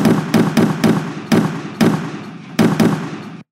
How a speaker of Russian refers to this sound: Одна за другой во тьму улетали гранаты, и по всей ширине дороги пошла серия взрывов.